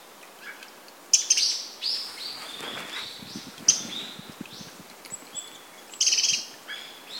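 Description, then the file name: Eurasian wren calls: sharp, high, dry rattling bursts at about one, four and six seconds, among softer chirps. "Troglodytes troglodytes"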